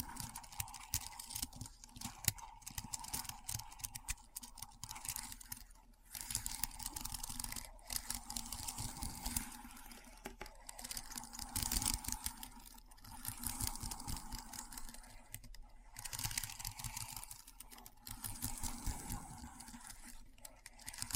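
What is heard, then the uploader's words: Keyboard typing in a fast, dense patter of clicks and clacks, with brief pauses near seconds six, ten and sixteen. ASMR Keyboard Sounds (No Talking).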